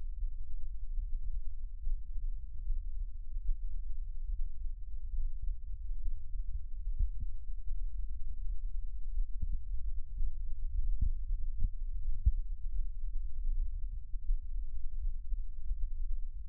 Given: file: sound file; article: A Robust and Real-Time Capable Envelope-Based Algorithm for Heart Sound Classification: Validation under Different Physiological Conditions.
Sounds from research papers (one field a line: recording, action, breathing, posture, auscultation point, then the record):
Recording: heart sounds by electronic stethoscope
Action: rest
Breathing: normal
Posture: sitting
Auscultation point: left side of the back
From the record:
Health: healthy, no known heart disease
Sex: male